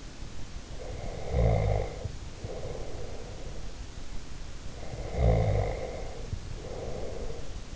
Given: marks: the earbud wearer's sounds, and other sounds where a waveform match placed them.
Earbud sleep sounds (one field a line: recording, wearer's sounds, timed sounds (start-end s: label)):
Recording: sounds in sleep by an in-ear microphone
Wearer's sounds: snoring breath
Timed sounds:
0.81-3.54 s: snoring breath
4.77-7.76 s: snoring breath